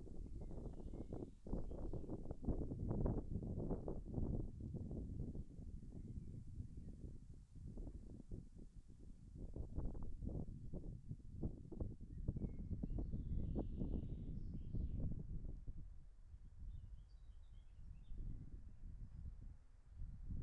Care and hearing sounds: everyday scene through a hearing-aid microphone; wind on the microphone; wind, traffic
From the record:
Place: in front of a rural house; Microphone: behind the ear, left, front

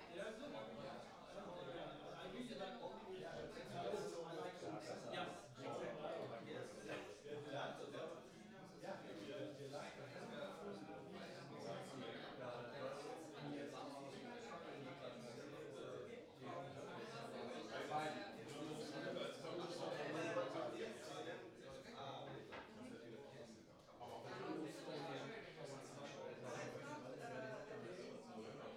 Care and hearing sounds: everyday scene through a hearing-aid microphone; many people talking; many voices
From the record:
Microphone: in the ear canal, right

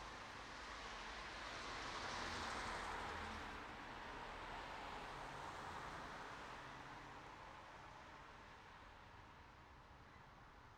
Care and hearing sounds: everyday scene through a hearing-aid microphone; in traffic; traffic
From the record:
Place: city secondary road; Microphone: in the ear canal, right

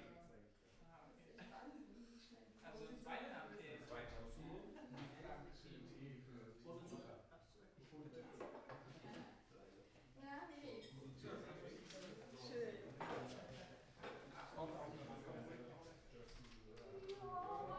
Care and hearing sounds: everyday scene through a hearing-aid microphone; many people talking; many voices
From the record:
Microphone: behind the ear, right, front

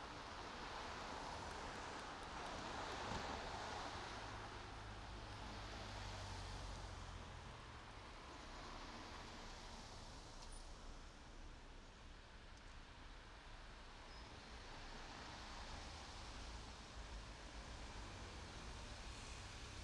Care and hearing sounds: everyday scene through a hearing-aid microphone; in traffic; traffic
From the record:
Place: main road on the outskirts, rush hour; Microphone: in the ear canal, right

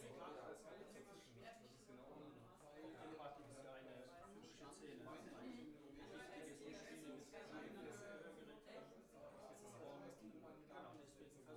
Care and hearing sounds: everyday scene through a hearing-aid microphone; many people talking; many voices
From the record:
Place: bistro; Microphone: behind the ear, left, rear

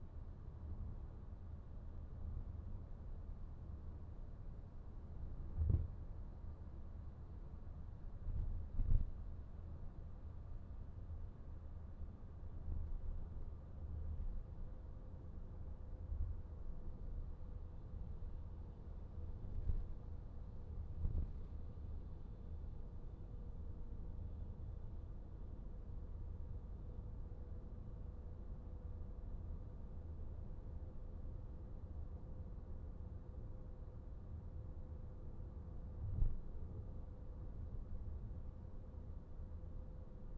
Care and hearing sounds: everyday scene through a hearing-aid microphone; in a vehicle; engine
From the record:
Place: VW T5 Caravelle, diesel engine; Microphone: behind the ear, right, rear

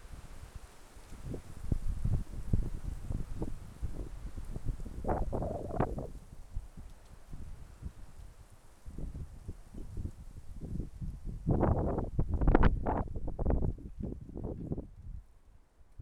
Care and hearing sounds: everyday scene through a hearing-aid microphone; wind on the microphone; wind, traffic, birds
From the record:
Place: suburban garden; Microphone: behind the ear, left, rear

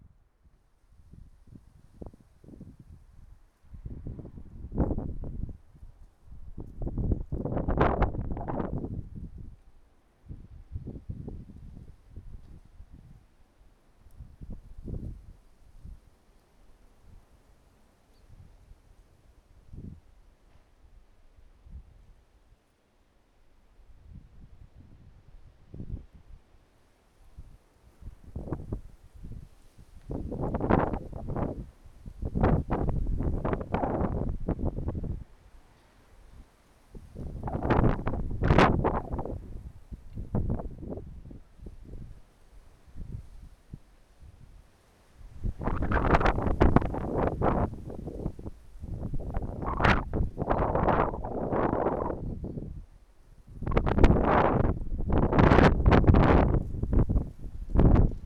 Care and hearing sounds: everyday scene through a hearing-aid microphone; wind on the microphone; wind, traffic, birds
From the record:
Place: suburban garden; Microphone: behind the ear, right, rear

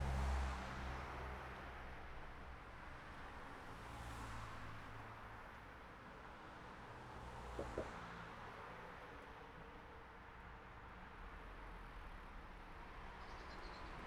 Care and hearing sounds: everyday scene through a hearing-aid microphone; in traffic; traffic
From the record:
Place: city secondary road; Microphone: behind the ear, right, rear

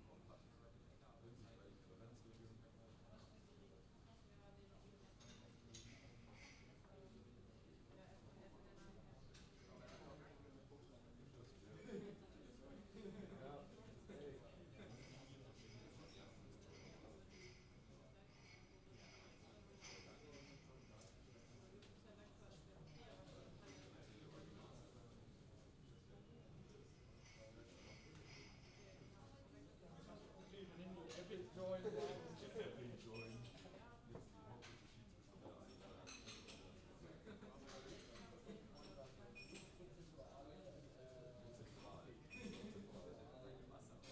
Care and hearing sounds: everyday scene through a hearing-aid microphone; many people talking; many voices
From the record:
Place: university cafeteria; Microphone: in the ear canal, left

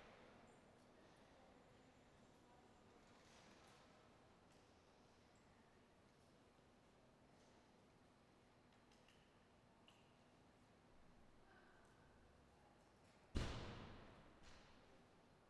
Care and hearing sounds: everyday scene through a hearing-aid microphone; reverberant space; background noise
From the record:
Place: railway station hall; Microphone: behind the ear, right, front

